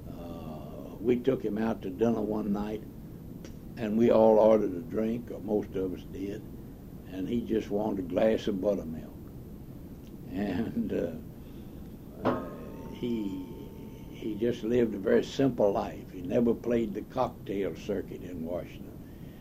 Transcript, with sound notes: we took him out to dinner one night and we all ordered a drink, or most of us did, and he just wanted a glass of buttermilk and [laughing] he—he just lived a very simple life. He never played the cocktail circuit in Washington.